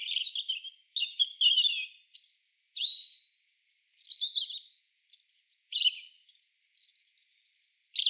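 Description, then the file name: European robin song: short varied phrases of high, thin warbles and trills, some fluting high notes, delivered in bursts separated by brief pauses; no other sounds. "Erithacus rubecula"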